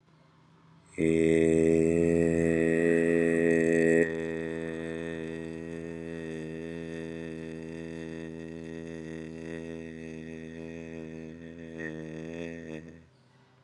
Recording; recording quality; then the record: sustained vowel as in made; excellent, no background noise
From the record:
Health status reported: recovered from COVID-19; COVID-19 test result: negative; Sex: male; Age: 26 years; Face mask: not worn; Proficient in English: yes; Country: India